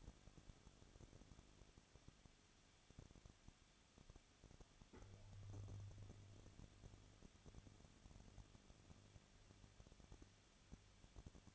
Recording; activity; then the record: daily activity, microphone in the room; no activity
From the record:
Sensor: 4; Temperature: 23.0 degrees Celsius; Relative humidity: 34.4%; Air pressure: 1007.4 hPa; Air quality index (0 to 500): 212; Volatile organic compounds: 14 ppm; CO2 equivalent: 2442 ppm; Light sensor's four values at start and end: 2/3/1/1 and 2/3/1/1